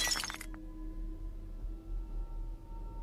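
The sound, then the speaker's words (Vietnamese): A ceramic bowl, accidentally dropped by a woman washing dishes at a yard well, hits the ground and shatters in one sharp, bright crash, followed by a brief clink of a falling shard, then a low steady hum. “Bất chợt bà lỡ tay làm rơi cái bát xuống vỡ đánh xoảng một cái.”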